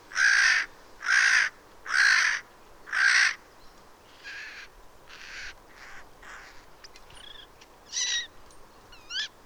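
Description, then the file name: Eurasian jay screeching four times at the start, harsh and evenly spaced about a second apart, followed by softer rasping calls and scattered chirps. "Garrulus glandarius"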